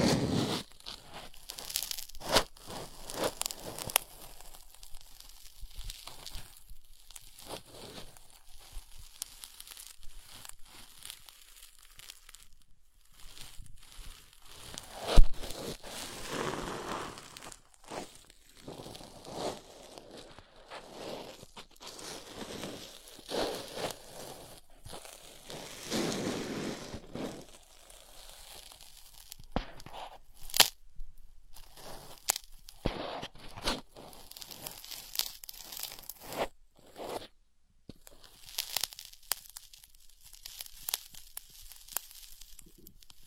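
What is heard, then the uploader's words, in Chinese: Ear scratching and picking: dense, irregular scratchy rustles and crinkly crackles run throughout, sometimes in quick bursts, with short silent gaps between. A sharper scrape stands out around 15 seconds, and brighter crackly clusters come near 26 and 30 seconds. 抠耳朵。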